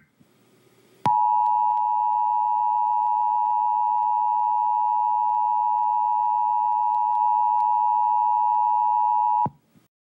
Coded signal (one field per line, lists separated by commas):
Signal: Emergency Alert System (SAME) tones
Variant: 853 and 960 Hz attention tone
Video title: EAS Scenario: Donald Trump Rampage (Part 2)